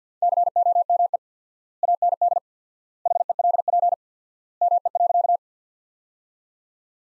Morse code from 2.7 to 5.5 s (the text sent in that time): HELP ME.